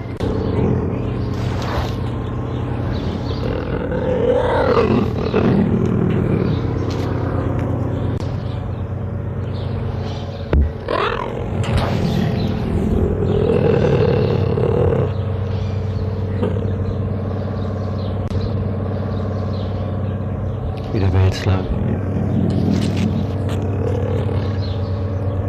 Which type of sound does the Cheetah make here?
call